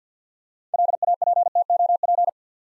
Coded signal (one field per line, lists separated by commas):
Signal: Morse code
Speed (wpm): 50 wpm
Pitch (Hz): 700 Hz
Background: none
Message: LAPTOP